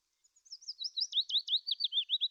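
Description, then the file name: Willow warbler song: one quick, sweet phrase of slurred whistles that builds in volume and tumbles down the scale. "fitis"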